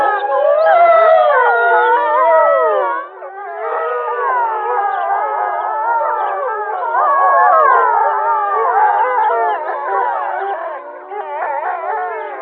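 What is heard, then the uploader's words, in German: A chorus of wolves howls together, many voices overlapping in long, gliding wails that rise and fall. The sound stays dense and fairly loud throughout, with a brief dip near three seconds and another around eleven, and no low rumble beneath the howling. Die Stimmen der Wölfe, Schakale und Hunde.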